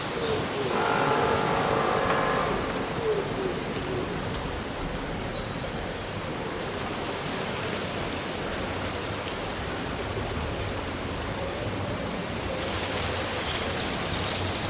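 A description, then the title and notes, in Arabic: A windy summer day with leaves rustling in a dense, steady rush that fills the whole clip. It is slightly louder in the first few seconds, then evens out. A single short, high bird chirp rises briefly above it around the five-second mark. يوم صيفي عاصف مع همس الأوراق وغناء الطيور. ترتجف الأوراق بلطف كما لو أنها تشارك الرياح أسرارًا.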